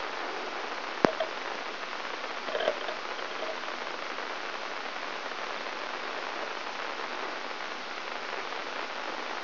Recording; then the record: brain microelectrode recording played as sound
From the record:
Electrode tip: inside the subthalamic nucleus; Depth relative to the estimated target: 3 mm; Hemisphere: right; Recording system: AlphaMap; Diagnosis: Parkinson's disease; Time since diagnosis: 20 years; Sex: female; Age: 65 years